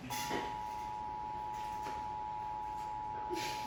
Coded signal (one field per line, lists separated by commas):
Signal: Emergency Alert System (SAME) tones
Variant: 853 and 960 Hz attention tone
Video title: (EAS) Amber alert March 12/2021